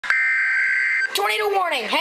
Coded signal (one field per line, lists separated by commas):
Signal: Emergency Alert System (SAME) tones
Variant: header bursts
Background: speech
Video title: NOAA Weather Radio EAS #64: Tornado Warning